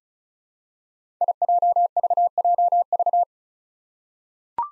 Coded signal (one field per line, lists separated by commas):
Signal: Morse code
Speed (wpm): 36 wpm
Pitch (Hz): 700 Hz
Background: none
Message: IJVJV